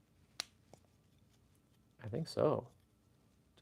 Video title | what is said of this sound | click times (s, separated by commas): ⚡️Transformers Blokees Battle Wave 4‼️🌟 | I think it just pops right in. | 0.4 s